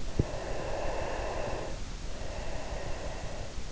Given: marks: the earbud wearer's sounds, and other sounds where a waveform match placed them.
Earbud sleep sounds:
sounds in sleep by an in-ear microphone; breath
0.35-3.67 s: breath

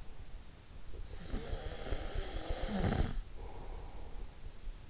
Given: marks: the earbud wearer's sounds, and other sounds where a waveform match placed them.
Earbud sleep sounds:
sounds in sleep by an in-ear microphone; snoring breath
0.86-4.58 s: snoring breath

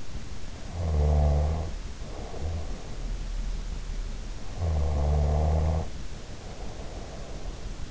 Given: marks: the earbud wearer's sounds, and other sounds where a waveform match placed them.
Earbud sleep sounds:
sounds in sleep by an in-ear microphone; snoring breath
0.67-3.22 s: snoring breath
4.55-7.90 s: snoring breath

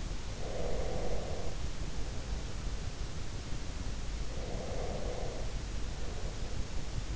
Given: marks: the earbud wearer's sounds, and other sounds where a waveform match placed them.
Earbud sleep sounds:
sounds in sleep by an in-ear microphone; breath
0.47-2.68 s: breath
4.31-7.16 s: breath

